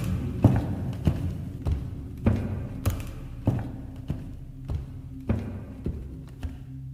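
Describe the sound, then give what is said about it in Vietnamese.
Slow, heavy footsteps thud one after another on wooden stairs of a house, someone climbing from downstairs to the second floor, about ten evenly spaced dull impacts with faint creaks, and no voices. “Lần này không còn là tiếng cười lạnh gai ốc, mà là tiếng bước chân chậm rãi trên cầu thang gỗ.”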